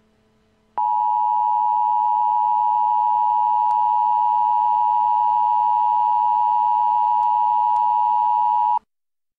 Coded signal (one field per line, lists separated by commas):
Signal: Emergency Alert System (SAME) tones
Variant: 853 and 960 Hz attention tone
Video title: World War Z EAN [EAS Mock]